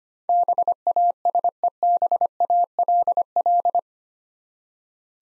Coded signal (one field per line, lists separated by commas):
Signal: Morse code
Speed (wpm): 25 wpm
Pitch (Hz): 700 Hz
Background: none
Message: BASEBALL